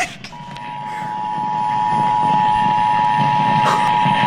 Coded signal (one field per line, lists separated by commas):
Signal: Emergency Alert System (SAME) tones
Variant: 853 and 960 Hz attention tone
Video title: KHB43 SCREWS UP THE EAS